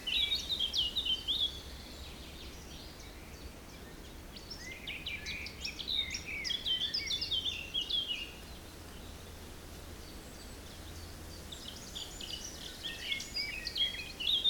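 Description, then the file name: Birdsong in clusters of chirpy, warbling phrases separated by quieter pauses, steady low wind rumble running underneath throughout. Forest in spring, windy at 3 Beaufort, recorded at 1 pm. "Forest Spring Birds Windy 3 bft 1 pm"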